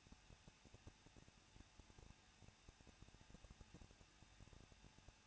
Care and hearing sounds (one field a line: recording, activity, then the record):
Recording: daily activity, microphone in the room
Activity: no activity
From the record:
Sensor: 2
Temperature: 21.0 degrees Celsius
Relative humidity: 37.4%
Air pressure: 1006.2 hPa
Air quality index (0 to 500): 221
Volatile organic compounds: 24 ppm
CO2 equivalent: 2803 ppm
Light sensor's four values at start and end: 2/3/2/2 and 2/3/2/2